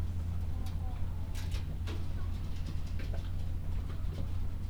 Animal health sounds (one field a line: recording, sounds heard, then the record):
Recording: poultry house recording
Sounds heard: sick chickens (respiratory disease)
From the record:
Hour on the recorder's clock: 12